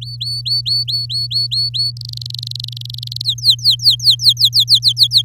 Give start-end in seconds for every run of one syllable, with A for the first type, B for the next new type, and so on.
0.01-1.91 A, 1.97-3.22 B, 3.24-5.23 C